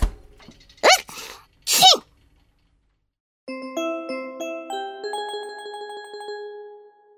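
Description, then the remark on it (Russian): A dog sneezes twice in quick succession, each a short, sharp, snorting burst, then a gentle chiming melody of bright bell-like notes plays after a brief silence. “Может, ты от того и чихаешь, что в холодильник все время лазишь?”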